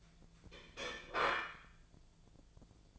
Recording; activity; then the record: daily activity, microphone in the room; place plate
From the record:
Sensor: 5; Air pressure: 1009.5 hPa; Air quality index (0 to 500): 168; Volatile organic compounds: 4 ppm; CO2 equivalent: 1630 ppm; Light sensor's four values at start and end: 97/257/104/110 and 96/256/104/110